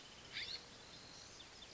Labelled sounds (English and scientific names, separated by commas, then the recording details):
California Scrub-Jay (Aphelocoma californica)
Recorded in Sonoma County, California